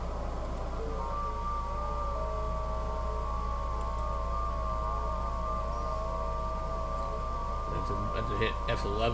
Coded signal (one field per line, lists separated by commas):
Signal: FT8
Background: speech